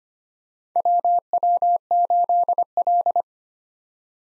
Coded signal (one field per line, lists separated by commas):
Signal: Morse code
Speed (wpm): 25 wpm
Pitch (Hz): 700 Hz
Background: none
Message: WW8L